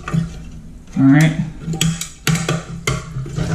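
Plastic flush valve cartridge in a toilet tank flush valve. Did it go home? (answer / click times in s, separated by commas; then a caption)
released / 1.8 s, 2.3 s, 2.9 s. A yellow plastic flush valve cartridge in a Kohler toilet tank flush valve is twisted counterclockwise until it snaps free of its bayonet lock. Someone talks briefly, then sharp plastic cracks and snaps ring out at about 1.8, 2.3 and 2.9 seconds, sounding as if the part were breaking. The cartridge comes loose, released from the valve.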